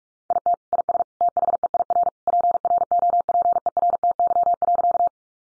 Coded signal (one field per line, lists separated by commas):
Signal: Morse code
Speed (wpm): 44 wpm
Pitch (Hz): 700 Hz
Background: none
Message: IT IS THEIR PROPERTY.